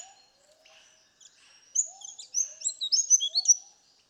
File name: Rhipidura Rufifrons